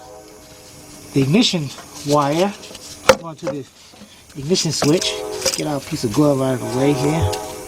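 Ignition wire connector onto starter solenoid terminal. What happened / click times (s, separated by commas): The wire connector is being handled but has not yet seated / none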